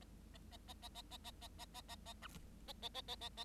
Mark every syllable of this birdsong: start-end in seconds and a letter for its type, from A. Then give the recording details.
0.01-0.04 A, 0.34-0.38 A, 0.51-0.57 A, 0.67-0.73 A, 0.82-0.89 A, 0.94-1.02 A, 1.10-1.18 A, 1.24-1.31 A, 1.41-1.48 A, 1.58-1.65 A, 1.74-1.81 A, 1.88-1.96 A, 2.05-2.13 A, 2.21-2.27 B, 2.67-2.73 A, 2.82-2.88 A, 2.94-3.01 A, 3.08-3.15 A, 3.21-3.29 A, 3.37-3.44 A. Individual Bird7